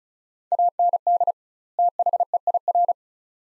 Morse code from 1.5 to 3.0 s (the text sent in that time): THEIR